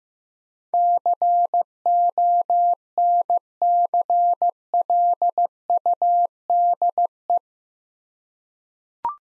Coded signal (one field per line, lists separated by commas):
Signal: Morse code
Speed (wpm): 15 wpm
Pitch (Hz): 700 Hz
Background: none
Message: CONCLUDE